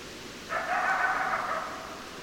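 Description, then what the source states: Coyote gives a rough howl just over a second long with dense harmonics, over faint hiss. Several coyotes, recorded 10 December 2012.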